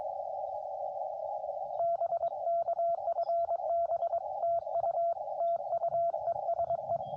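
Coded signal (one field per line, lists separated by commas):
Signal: Morse code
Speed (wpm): 22 wpm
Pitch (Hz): 690 Hz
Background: radio noise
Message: BK FB TU TU ES E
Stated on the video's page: CW contact during a Parks on the Air activation.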